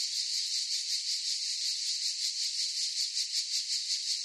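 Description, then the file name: Many cicadas buzzing at once, a high sizzling drone with regular soft pulses close to three per second. Forest chorus of cicadas. "gain walkers CICADAS Forest Chorus"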